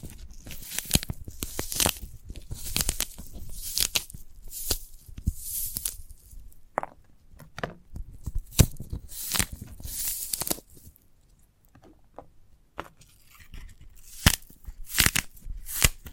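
A sprouted coconut being handled and torn apart, with bursts of bright, crackly ripping and scraping at irregular intervals. The sounds come in short clusters, dense around the first six seconds and again near ten and fifteen seconds, with quieter gaps between.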